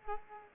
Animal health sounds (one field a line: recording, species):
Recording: mosquito wingbeat signal from an infrared sensor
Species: Culex pipiens